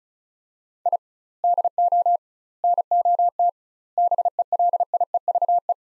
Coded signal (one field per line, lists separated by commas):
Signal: Morse code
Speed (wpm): 36 wpm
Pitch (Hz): 700 Hz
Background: none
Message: I DO NOT BELIEVE